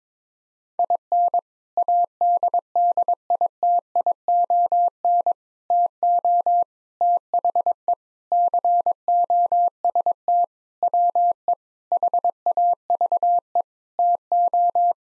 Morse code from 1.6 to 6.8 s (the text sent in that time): ADDITION TO